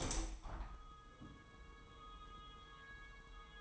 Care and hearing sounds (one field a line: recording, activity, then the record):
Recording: daily activity, microphone in the room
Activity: open window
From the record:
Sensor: 1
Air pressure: 999.9 hPa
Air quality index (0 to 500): 235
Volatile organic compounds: 104 ppm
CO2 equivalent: 3780 ppm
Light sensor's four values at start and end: 10/25/10/11 and 11/27/11/12